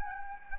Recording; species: mosquito wingbeat signal from an infrared sensor; Anopheles gambiae